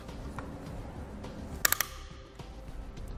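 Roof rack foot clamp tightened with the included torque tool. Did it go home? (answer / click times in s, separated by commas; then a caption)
yes / 1.7 s, 1.8 s. The included torque tool tightens a foot clamp of a Thule WingBar Evo roof rack for naked roofs on the roof of a 2014 Jeep Patriot. Over a quiet background with a few faint ticks, three sharp, bright clicks come in a quick cluster at about 1.7, 1.7 and 1.8 seconds. This signals that the clamp has reached its proper torque and tightening should stop.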